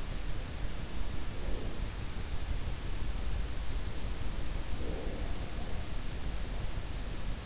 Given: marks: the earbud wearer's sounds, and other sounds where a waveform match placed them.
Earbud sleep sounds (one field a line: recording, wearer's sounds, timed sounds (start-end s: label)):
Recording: sounds in sleep by an in-ear microphone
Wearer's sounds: breath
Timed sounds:
1.03-1.99 s: breath
4.40-6.96 s: sound from someone else or the room
4.40-5.65 s: breath